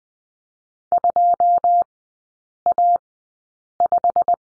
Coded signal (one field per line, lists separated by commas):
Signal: Morse code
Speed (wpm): 20 wpm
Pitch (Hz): 700 Hz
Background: none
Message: 2A5